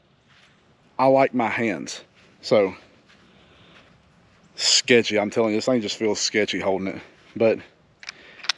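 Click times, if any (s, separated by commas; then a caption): 8.5 s. Someone talks for most of the clip while handling a cheap Altor 9mm pistol, then slides the top part (the slide) over the frame. Short, sharp clicks come at about 8.0 s and 8.1 s, and the last and loudest comes at 8.5 s, when the slide locks in place on the frame.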